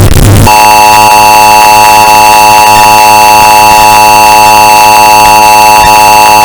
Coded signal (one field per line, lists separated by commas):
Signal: Emergency Alert System (SAME) tones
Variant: 853 and 960 Hz attention tone